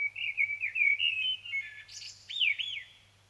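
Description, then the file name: Common blackbird song: a mellow fluted warble that breaks into a higher, scratchy twittering flourish, followed by a few looping notes. "Turdus merula"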